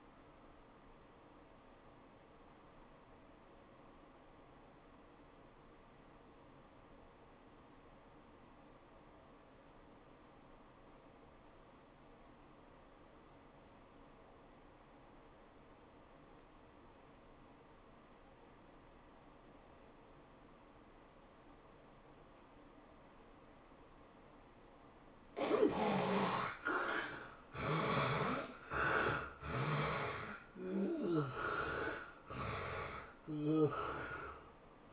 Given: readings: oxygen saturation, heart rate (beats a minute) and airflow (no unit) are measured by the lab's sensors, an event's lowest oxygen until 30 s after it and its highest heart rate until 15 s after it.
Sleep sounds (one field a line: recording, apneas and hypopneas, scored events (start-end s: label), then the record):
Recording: breathing in sleep by a voice recorder at the bedside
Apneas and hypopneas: 1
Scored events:
3.00-25.30 s: obstructive apnea (N1, oxygen 97% highest, then 73% lowest, heart rate 96 at the start, 109 highest)
From the record:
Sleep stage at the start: N1 (lightest sleep)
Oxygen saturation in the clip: 75 to 97%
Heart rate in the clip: 80 to 108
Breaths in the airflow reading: 4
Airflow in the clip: -11.1 to 11.7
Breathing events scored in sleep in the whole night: 403 in 5.5 hours asleep